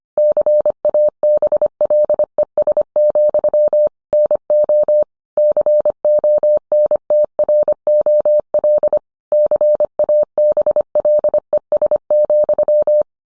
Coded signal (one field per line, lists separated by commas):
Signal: Morse code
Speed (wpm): 25 wpm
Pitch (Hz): 600 Hz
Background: none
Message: CABLES, NO CONTROL CABLES,